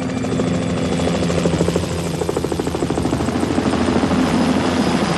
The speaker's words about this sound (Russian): Освещая ратушу прожектором, над площадью пролетает вертолет.